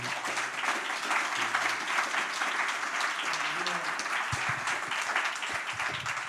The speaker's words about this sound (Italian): Quindi un mega applauso a Elio.